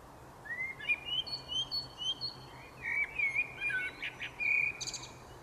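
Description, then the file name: Common blackbird song, a series of clear whistled notes and slurred warbles ending in a high squeaky flourish, heard over steady background noise and a low hum. "Turdus merula"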